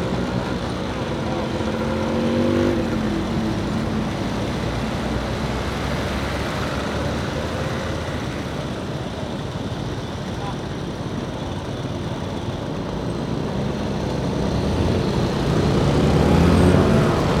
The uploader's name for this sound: Scooters on the Streets